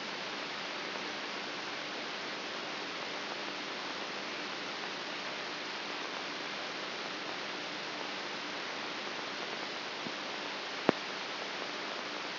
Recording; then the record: brain microelectrode recording played as sound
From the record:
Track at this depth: inside the subthalamic nucleus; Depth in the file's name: 4.44 mm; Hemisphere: right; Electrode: 3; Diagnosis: Parkinson's disease